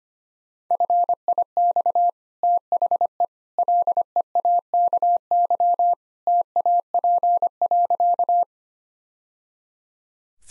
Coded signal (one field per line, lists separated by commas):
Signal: Morse code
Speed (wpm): 25 wpm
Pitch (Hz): 700 Hz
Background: none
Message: FIX THE LEAKY TAP.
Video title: Easy Sentences with Hints - 25wpm